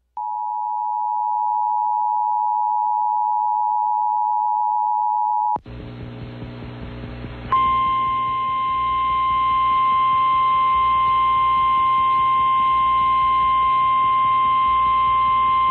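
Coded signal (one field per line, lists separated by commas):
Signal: Emergency Alert System (SAME) tones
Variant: 853 and 960 Hz attention tone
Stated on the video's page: NOAA Weather Radio severe thunderstorm and tornado warnings for Iowa, South Dakota and Minnesota storms.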